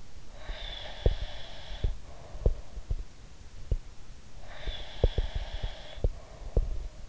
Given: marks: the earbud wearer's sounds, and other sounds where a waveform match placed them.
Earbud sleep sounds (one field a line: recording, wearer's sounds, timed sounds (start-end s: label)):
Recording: sounds in sleep by an in-ear microphone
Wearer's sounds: breath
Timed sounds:
0.30-2.86 s: breath
0.46-3.81 s: sound from someone else or the room
4.42-7.09 s: breath
4.60-7.09 s: sound from someone else or the room